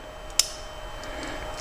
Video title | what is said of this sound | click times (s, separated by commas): Parnis GMT Rolex Homage and What is Parnis? | nicely made has a very solid click to it there's no way that's coming out of there | 0.4 s